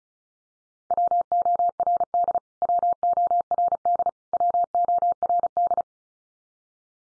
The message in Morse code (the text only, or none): WORD WORD WORD